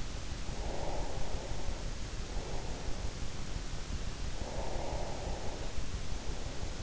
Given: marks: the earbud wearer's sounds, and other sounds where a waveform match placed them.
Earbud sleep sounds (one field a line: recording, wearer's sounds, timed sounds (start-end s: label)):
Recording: sounds in sleep by an in-ear microphone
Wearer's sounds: breath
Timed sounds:
0.33-3.06 s: breath
4.33-6.69 s: breath